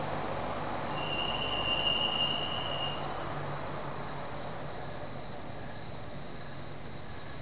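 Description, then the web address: Crickets trill steadily in a high continuous chorus, while a thin whine sounds for a couple of seconds early on, over low rumble. Crickets at night, Goldens Bridge, New York State, USA; BBC Sound Effects Library, America CD. "The BBC Sound Effects Library - Complete 60 CDs Collection Sound Effects Library- (America) Goldens Bridge, NY State - crickets at night"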